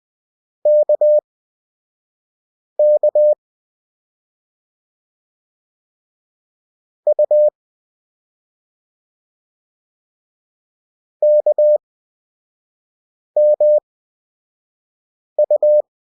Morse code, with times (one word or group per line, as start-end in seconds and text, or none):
0.7-3.3 KK
7.1-7.5 U
11.2-15.8 KMU